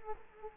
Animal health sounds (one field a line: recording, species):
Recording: mosquito wingbeat signal from an infrared sensor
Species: Culex quinquefasciatus